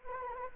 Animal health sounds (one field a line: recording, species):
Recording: mosquito wingbeat signal from an infrared sensor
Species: Anopheles arabiensis